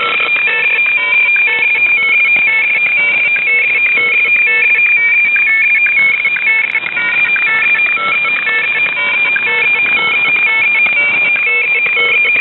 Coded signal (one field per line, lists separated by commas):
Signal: weather fax (radiofax)